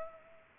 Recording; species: mosquito wingbeat signal from an infrared sensor; Culex pipiens